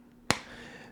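The metal clasp on the lid of a Sony Sports D-FS18 portable CD player is worked again and snaps closed with a sharp click at 0.3 s, followed by a brief ringing tail. The lid is seated and latched, making the player feel secured.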